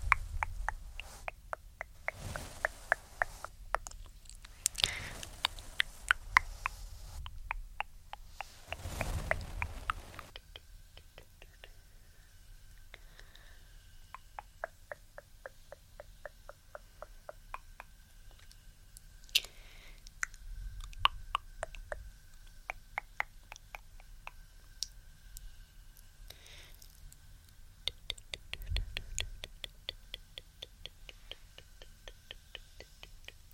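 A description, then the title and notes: Brushing and tongue clicking: rapid, sharp clicks run throughout in quick irregular bursts. Loud rushing brush strokes sweep in during the first ten seconds, near 2, 5 and 9 seconds, with softer swells around 21 and 29 seconds, over a low steady hum. ASMR ~TINGLY~ Brushing & Tongue Clicking.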